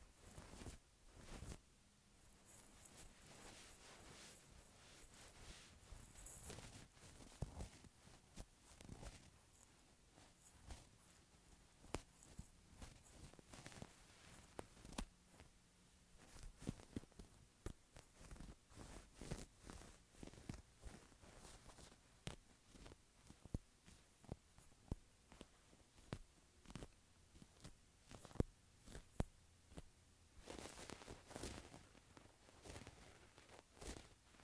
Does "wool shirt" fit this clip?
yes